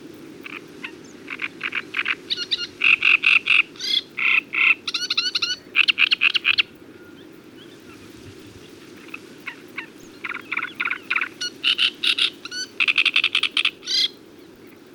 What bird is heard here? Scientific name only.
Acrocephalus arundinaceus